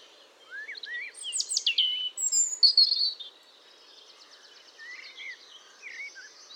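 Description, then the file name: European robin singing: a burst of thin, high slurred whistles and falling notes, followed by softer scattered twitters amid background noise. "Erithacus rubecula"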